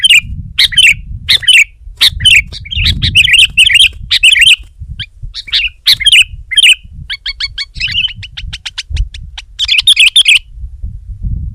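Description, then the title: Sooty-headed bulbul: chattering chirps and brief warbles, then a fast run of ticking notes before more bubbly phrases, with low background rumble. "kutilang"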